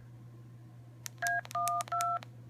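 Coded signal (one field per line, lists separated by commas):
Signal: DTMF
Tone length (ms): 280 ms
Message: A12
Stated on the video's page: Tones from a 446.150 repeater system.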